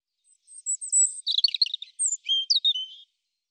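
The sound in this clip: European robin song: a short phrase of thin high whistles and rapid tumbling twittery notes, some sliding, lasting about two and a half seconds.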